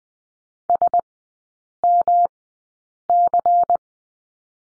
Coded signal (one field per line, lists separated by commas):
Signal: Morse code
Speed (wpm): 19 wpm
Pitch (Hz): 700 Hz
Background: none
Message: SMC